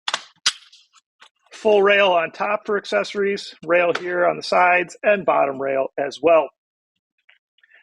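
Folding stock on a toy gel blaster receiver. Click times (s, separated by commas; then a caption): 0.1 s, 0.5 s. A button is pushed and the plastic folding stock of a DEHIRI/RIUZI G36 gel ball blaster with drum mag is folded back on its receiver, giving sharp clicks at 0.1 s and 0.5 s as it locks into place. Someone then talks.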